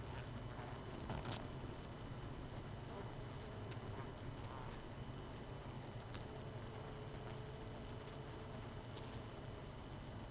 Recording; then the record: honeybee colony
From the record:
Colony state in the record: missing queen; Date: 31 May 2018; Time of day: 22:03